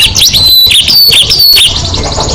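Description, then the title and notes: Canary song: loud, rapid high warbling with quick rising and falling sweeps ending in a fast trill, heard over steady background noise. Master song used to stimulate singing birds; canary singing (kicau). "PANCINGAN SUARA MASTERAN KENARI BIKIN BURUNG MAKIN MENGGILA. masteran kicau kenari"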